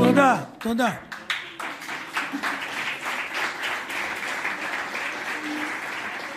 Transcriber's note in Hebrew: מחיאות כפיים